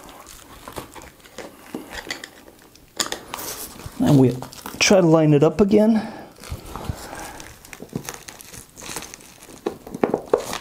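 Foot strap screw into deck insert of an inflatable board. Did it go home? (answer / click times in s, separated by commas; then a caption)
no / none. A short screw is pressed through the foot strap pad toward the insert in the thick inflatable deck of a Naish S27 Hover Inflatable board and lined up again, with crinkling handling noise and scattered sharp ticks while someone talks. Nothing has seated or clicked yet; the thread has not caught by the end.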